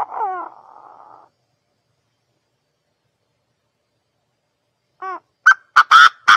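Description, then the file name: Partridge calls: a falling, ringing harmonic note sliding into a buzzy trill, then a long pause before a short note and a series of sharp, harsh, rasping notes. Male partridge from Thailand. "tieng ga go trong thai lan"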